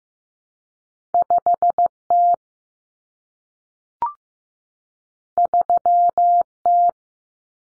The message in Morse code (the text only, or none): 5T 3T